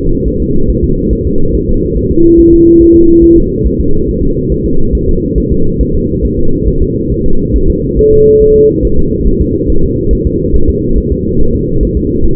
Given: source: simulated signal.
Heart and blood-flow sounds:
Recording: fetal heart sounds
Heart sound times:
0.28 s: S1
0.42 s: S2
0.70 s: S1
0.84 s: S2
1.13 s: S1
1.27 s: S2
1.55 s: S1
1.69 s: S2
1.97 s: S1
2.11 s: S2
2.39 s: S1
2.53 s: S2
2.82 s: S1
2.96 s: S2
3.24 s: S1
3.38 s: S2
3.66 s: S1
3.80 s: S2
4.09 s: S1
4.23 s: S2
4.52 s: S1
4.66 s: S2
4.95 s: S1
5.09 s: S2
5.38 s: S1
5.52 s: S2
5.81 s: S1
5.95 s: S2
6.25 s: S1
6.39 s: S2
6.68 s: S1
6.82 s: S2
7.12 s: S1
7.26 s: S2
7.56 s: S1
7.70 s: S2
7.99 s: S1
8.13 s: S2
8.42 s: S1
8.56 s: S2
8.85 s: S1
8.99 s: S2
9.27 s: S1
9.41 s: S2
9.70 s: S1
9.84 s: S2
10.13 s: S1
10.27 s: S2
10.56 s: S1
10.70 s: S2
10.98 s: S1
11.12 s: S2
11.41 s: S1
11.55 s: S2
11.83 s: S1
11.97 s: S2
12.25 s: S1
From the record:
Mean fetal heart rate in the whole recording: 140 bpm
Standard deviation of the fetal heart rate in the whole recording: 2 bpm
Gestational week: 34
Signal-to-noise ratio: -19.1 dB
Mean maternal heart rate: 72 bpm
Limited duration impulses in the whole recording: present

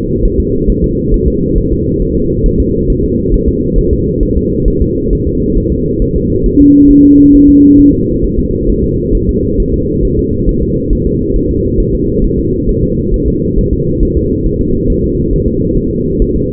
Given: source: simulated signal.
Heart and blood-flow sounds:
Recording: fetal heart sounds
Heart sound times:
0.25 s: S1
0.40 s: S2
0.70 s: S1
0.84 s: S2
1.14 s: S1
1.28 s: S2
1.58 s: S1
1.72 s: S2
2.02 s: S1
2.16 s: S2
2.46 s: S1
2.60 s: S2
2.90 s: S1
3.04 s: S2
3.34 s: S1
3.48 s: S2
3.78 s: S1
3.93 s: S2
4.23 s: S1
4.37 s: S2
4.68 s: S1
4.82 s: S2
5.13 s: S1
5.27 s: S2
5.58 s: S1
5.72 s: S2
6.02 s: S1
6.16 s: S2
6.46 s: S1
6.61 s: S2
6.91 s: S1
7.05 s: S2
7.35 s: S1
7.49 s: S2
7.80 s: S1
7.94 s: S2
8.24 s: S1
8.39 s: S2
8.69 s: S1
8.84 s: S2
9.15 s: S1
9.29 s: S2
9.60 s: S1
9.74 s: S2
10.05 s: S1
10.19 s: S2
10.49 s: S1
10.63 s: S2
10.93 s: S1
11.07 s: S2
11.36 s: S1
11.51 s: S2
11.80 s: S1
11.94 s: S2
12.24 s: S1
12.39 s: S2
12.69 s: S1
12.83 s: S2
13.14 s: S1
13.28 s: S2
13.58 s: S1
13.73 s: S2
14.03 s: S1
14.17 s: S2
14.46 s: S1
14.61 s: S2
14.90 s: S1
15.04 s: S2
15.33 s: S1
15.48 s: S2
15.77 s: S1
15.92 s: S2
16.22 s: S1
16.36 s: S2
From the record:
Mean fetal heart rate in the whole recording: 135 bpm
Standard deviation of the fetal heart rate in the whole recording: 3 bpm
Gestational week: 36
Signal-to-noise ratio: -10.2 dB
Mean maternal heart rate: 72 bpm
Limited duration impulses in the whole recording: present

